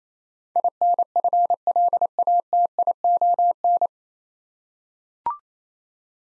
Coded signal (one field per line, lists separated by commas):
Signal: Morse code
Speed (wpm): 28 wpm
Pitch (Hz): 700 Hz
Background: none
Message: INFLATION